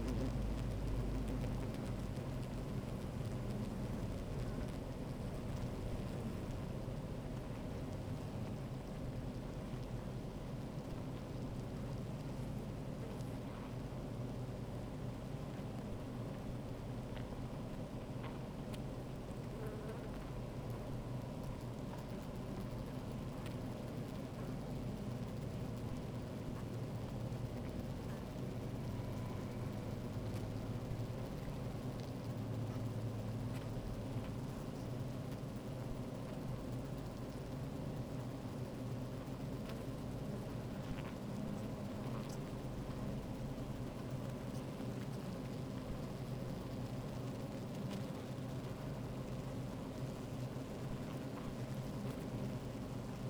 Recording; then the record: honeybee colony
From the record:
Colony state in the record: active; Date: 28 July 2017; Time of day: 13:31